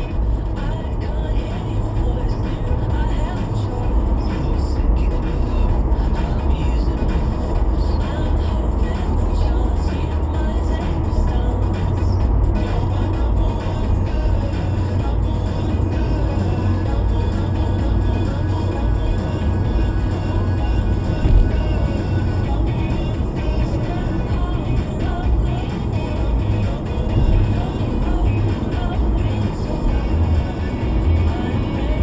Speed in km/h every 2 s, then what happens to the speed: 77, 85, 90, 93, 93, 92, 92, 92, 92, 90, 81, 87, 85, 90, 84, 93.
0-6 speeds up to 93. 6-17 steady at about 92. 17-21 slows to 81. 21-28 steady at about 85. 28-32 speeds up to 93.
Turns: none.